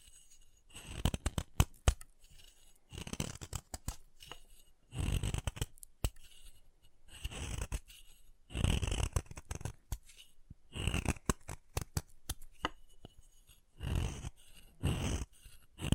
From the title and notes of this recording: ASMR Chalk Carving and Cutting Sounds (No Talking).